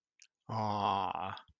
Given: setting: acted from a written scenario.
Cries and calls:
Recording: vocal sound without words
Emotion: adoration

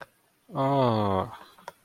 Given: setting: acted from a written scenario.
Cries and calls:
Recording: vocal sound without words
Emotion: contentment

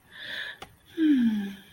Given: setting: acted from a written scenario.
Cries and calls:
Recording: vocal sound without words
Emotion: romantic love

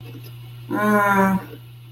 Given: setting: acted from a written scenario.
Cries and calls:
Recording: vocal sound without words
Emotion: shame

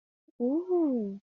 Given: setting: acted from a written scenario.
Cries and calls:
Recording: vocal sound without words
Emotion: desire

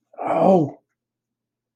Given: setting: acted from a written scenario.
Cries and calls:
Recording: vocal sound without words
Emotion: distress

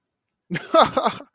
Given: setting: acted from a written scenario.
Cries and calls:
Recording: vocal sound without words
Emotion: amusement

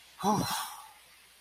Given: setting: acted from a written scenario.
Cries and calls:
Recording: vocal sound without words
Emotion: relief

